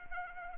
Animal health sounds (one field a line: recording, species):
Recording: mosquito wingbeat signal from an infrared sensor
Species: Anopheles arabiensis